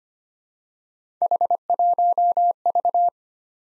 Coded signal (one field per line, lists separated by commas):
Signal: Morse code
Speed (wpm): 25 wpm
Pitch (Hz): 700 Hz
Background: none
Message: H1V